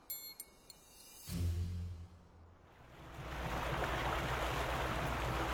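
A boat's low motor rumble starts after a few faint clicks, then gives way to a broad, rising wash of sea water and wind that swells steadily and stays loud to the end as the boat returns to the same stretch of sea, with no voices.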